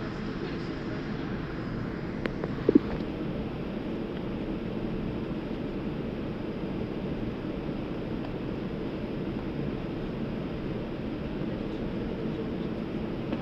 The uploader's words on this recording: Airplane waiting for departure. Waiting to leave San Antonio.